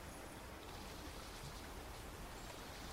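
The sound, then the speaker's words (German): A steady, soft wash of river water running continuously with no pauses, a broad hiss with faint low gurgling underneath and no voices. “Manchmal, wenn du es gar nicht mehr aushältst, gehst du hierher auf die Brücke und zum Fluss hinunter und träumst davon, dass du frei wärst.”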